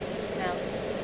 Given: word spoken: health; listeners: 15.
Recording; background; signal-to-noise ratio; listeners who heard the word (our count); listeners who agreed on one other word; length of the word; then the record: one English word in noise, from a listening test; speech-shaped noise; -5.3 dB; 0 of 15; 6 of 15; 0.64 s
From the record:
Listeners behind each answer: 6, 3, 1, 1, 1, 1, 1, 1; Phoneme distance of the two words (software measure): 20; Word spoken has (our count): 1 syllable, 4 phonemes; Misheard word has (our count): 1 syllable, 4 phonemes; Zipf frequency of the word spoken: 5.14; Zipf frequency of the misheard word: 4.00